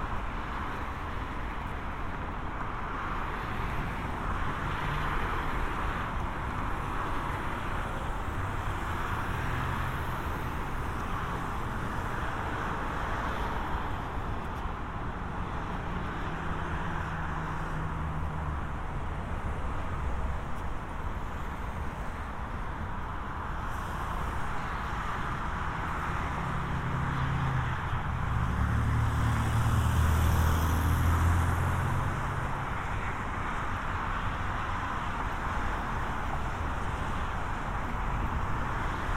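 A binaural recording of a walk through San Diego toward Golden Hill, filled with a steady, dense hum of road traffic. Low engine rumble runs throughout, swelling around the middle and again near thirty seconds as heavier vehicles pass.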